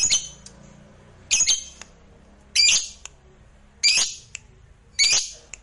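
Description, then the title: Lovebird giving loud harsh squawks about every 1.3 seconds, five bursts in all, with faint clicks between them. Fighter lovebird singing energetically (gacor). "Berkat SUARA Lovebird FIGHTER GACOR Ini"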